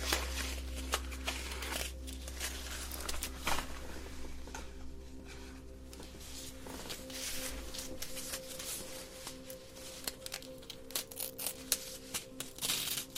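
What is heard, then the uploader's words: Close, quiet tapping and light fabric rubbing near the microphone during a facial acupuncture session, with small clicks and brushing sounds arriving irregularly throughout. A steady low hum sits underneath the whole time, and a deep rumble fades out after about seven seconds. ASMR Facial Acupuncture ~ Personal Attention Close Up Face Touching.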